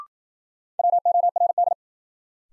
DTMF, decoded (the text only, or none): none